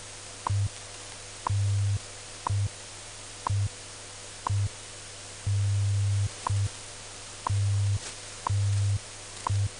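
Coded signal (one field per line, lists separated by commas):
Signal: radio time signal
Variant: WWV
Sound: sharp tick every second over hiss, with low hum pulses of short and long lengths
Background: radio static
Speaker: this is radio station wwv fort collins colorado broadcasting on internationally allocated standard carrier frequencies of 2.5 5 10 15 and 20 megahertz providing time of day standard time interval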